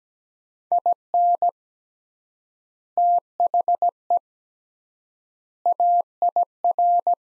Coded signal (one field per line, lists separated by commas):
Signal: Morse code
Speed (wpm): 17 wpm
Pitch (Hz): 700 Hz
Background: none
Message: IN THE AIR